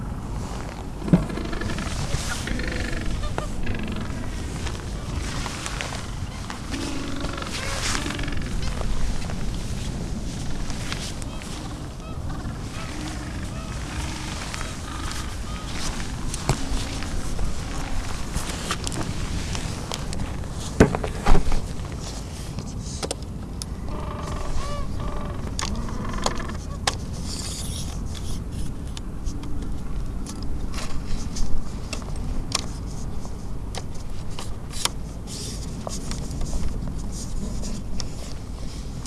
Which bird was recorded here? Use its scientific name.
Pygoscelis papua